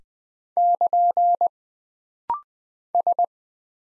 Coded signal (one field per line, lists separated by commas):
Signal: Morse code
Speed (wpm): 20 wpm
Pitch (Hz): 700 Hz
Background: none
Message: <KN> S